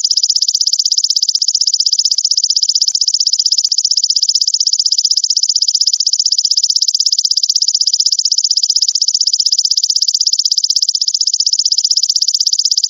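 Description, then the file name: Grasshopper song as an unbroken shrill buzz of quick, evenly spaced pulses; nothing else audible. "belalang emas"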